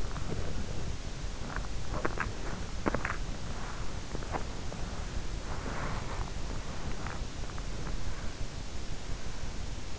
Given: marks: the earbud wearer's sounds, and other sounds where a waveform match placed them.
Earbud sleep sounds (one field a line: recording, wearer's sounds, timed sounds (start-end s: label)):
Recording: sounds in sleep by an in-ear microphone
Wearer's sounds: body movement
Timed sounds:
0.00-8.87 s: body movement